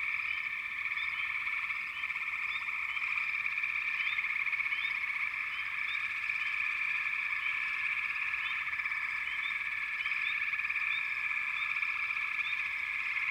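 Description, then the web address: Many frogs calling together, a continuous shrill trill with scattered short upward chirps throughout. "Sleep Sounds of Nature FROGS Frog Chourus"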